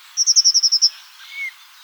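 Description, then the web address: Bird calls: a fast series of eight high, clipped notes, then a single thin rising whistle. "ornitologiya slovar Ptichki"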